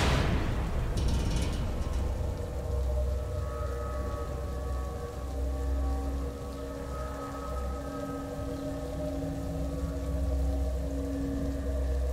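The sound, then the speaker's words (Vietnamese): Rain falls steadily in a dense, continuous hiss, joined by faint sustained droning tones that linger underneath. No one speaks. “Sau đó vội vã đội mưa trở về nhà.”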